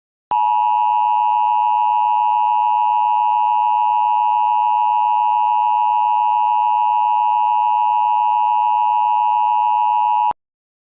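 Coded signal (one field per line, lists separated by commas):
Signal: Emergency Alert System (SAME) tones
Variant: 853 and 960 Hz attention tone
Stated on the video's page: Mock (simulated) tornado warning alert for a waterspout moving onshore.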